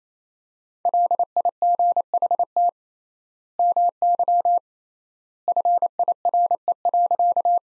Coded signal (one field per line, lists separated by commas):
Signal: Morse code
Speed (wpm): 27 wpm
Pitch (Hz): 700 Hz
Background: none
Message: LIGHT MY FIRE.